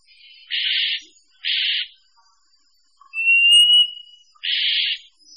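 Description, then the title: Bird calls: three buzzy, noisy bursts, the first two about a second apart, plus one long steady whistle before the third, otherwise quiet. A mix of several birds. "manuk campur"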